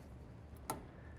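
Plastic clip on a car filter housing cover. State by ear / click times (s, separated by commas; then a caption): seated / 0.7 s. The remaining plastic clip on a car filter housing cover is pressed shut against a low, steady background hum. A single short, sharp click sounds at 0.7 s as the clip locks into place, seating the cover.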